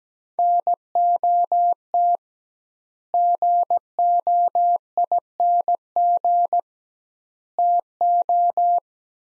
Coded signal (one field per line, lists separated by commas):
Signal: Morse code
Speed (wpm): 17 wpm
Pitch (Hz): 700 Hz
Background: none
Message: NOT GOING TO